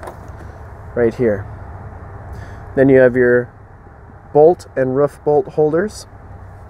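In the rear cargo area of a 2012 Jeep Wrangler Unlimited Sport, the under-floor storage lid that holds the roof bolts and roof bolt holders is handled as someone talks. The lid is meant to lock into place, but nothing has seated or clicked yet when the clip ends.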